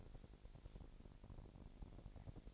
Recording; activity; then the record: daily activity, microphone in the room; take from stove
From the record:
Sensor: 5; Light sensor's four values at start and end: 45/101/43/46 and 46/106/44/47